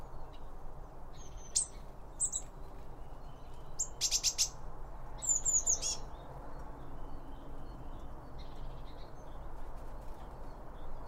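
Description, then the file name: Bird chirps: high, quick notes and sharp clicky bursts in loose clusters, then quieter scattered calls over low background noise. Several birds around a bird feeder, recorded with two Line Audio OM1 microphones. "Birds Around Birdfeeding With Two Om 1 From Line Audio"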